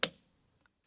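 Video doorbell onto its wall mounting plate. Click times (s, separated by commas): 0.0 s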